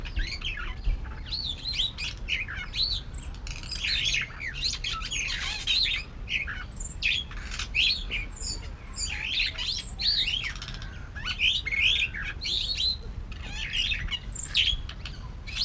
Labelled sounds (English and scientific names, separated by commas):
Superb Starling (Lamprotornis superbus)